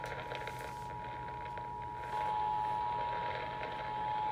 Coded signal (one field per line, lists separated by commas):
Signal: Emergency Alert System (SAME) tones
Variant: 853 and 960 Hz attention tone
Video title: A EHCHANCED RISK OF THE TORNADO EAS 100!!! EAS Alerts from 1/24/23 (EAS#81 & #115)